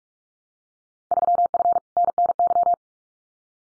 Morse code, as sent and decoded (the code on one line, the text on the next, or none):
...-- ..-. / -. -. -.--
3F NNY